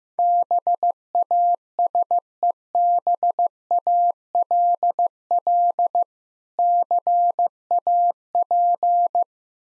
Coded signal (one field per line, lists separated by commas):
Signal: Morse code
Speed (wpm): 15 wpm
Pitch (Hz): 700 Hz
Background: none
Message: BASEBALL CAP